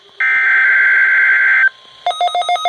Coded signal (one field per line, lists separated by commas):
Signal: Emergency Alert System (SAME) tones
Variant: header bursts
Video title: GETTING ON MY LAST DAMN NERVE... | EAS Alerts from November 2020 (EAS #754-782)